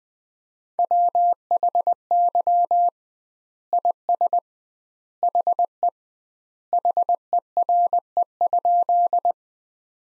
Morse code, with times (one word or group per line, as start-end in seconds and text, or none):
0.8-2.9 WHY
3.7-4.4 IS
5.2-5.9 HE
6.7-9.3 HERE?